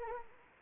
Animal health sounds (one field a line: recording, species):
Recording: mosquito wingbeat signal from an infrared sensor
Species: Anopheles arabiensis